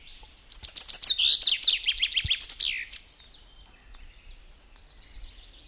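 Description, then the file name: Common chaffinch song: a rapid series of bright chipping notes falling in pitch, ending in a quick flourish, with faint other bird notes afterward. "Fringilla coelebs"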